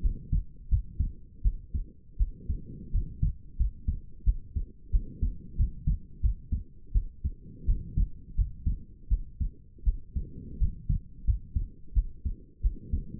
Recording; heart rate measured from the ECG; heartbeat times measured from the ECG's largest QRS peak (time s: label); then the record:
heart sounds by stethoscope; 86 bpm
0.01 s: heartbeat
0.68 s: heartbeat
1.42 s: heartbeat
2.17 s: heartbeat
2.91 s: heartbeat
3.56 s: heartbeat
4.24 s: heartbeat
4.90 s: heartbeat
5.56 s: heartbeat
6.20 s: heartbeat
6.92 s: heartbeat
7.65 s: heartbeat
8.35 s: heartbeat
9.08 s: heartbeat
9.83 s: heartbeat
10.57 s: heartbeat
11.24 s: heartbeat
11.93 s: heartbeat
12.61 s: heartbeat
From the record:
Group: healthy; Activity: rest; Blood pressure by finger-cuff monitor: 82/57 mmHg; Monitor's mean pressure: 65 mmHg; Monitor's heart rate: 86 bpm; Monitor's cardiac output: 6.6 L/min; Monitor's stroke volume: 78 mL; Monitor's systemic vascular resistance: 690 dyn s/cm5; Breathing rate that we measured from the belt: 23 breaths a minute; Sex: female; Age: 19 years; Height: 163 cm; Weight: 48.9 kg